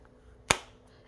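A small square plastic storage container for craft drills, opened by squeezing its sides, is snapped shut. Its plastic lid gives one sharp click at 0.5 seconds, and the container stays closed.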